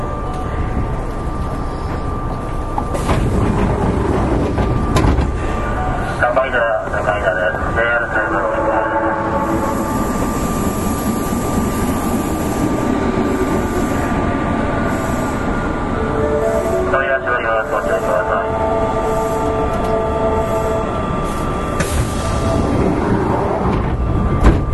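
A Kintetsu 7000 series train runs steadily, a dense low rumble and rattle holding even throughout. A constant mid tone hums underneath, while rising and falling motor whines swell around 6–9 seconds and again near 16–19 seconds, with brief clunks at 3 and 22 seconds.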